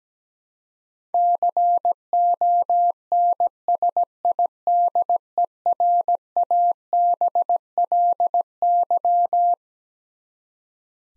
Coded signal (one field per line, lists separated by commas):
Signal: Morse code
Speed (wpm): 17 wpm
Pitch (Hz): 700 Hz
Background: none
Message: CONSIDERABLY